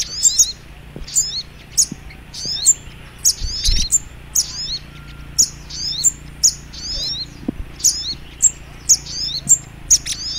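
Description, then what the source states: Little Spiderhunter giving sharp, high chirps with quick falling twitters, repeated many times over a low steady hum. Masteran (training) recording; song style called Labaik.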